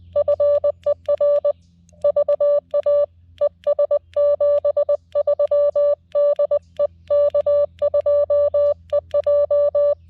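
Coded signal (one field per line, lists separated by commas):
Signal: Morse code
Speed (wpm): 20 wpm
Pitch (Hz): 580 Hz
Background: music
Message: FER VA ES 73 DE K2EJ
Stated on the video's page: CW park activation on a TX-500 with a vertical antenna in sketchy weather.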